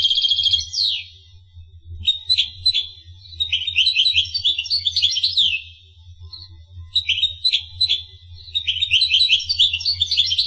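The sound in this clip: Finch song: high chattering bursts of trills and chips, delivered in several separate phrases with short pauses between, over a faint low background hum.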